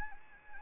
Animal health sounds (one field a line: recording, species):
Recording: mosquito wingbeat signal from an infrared sensor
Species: Anopheles arabiensis